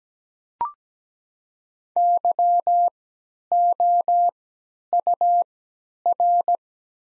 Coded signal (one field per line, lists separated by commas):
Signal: Morse code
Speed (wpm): 17 wpm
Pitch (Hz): 700 Hz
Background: none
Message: YOUR